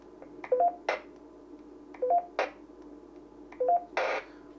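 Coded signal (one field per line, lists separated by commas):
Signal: roger beep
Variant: Quansheng UV-K5 roger beep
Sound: three short rising two-note chirps, each followed by a burst of static hiss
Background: radio squelch noise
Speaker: which is actually not the worst Roger beep I've ever heard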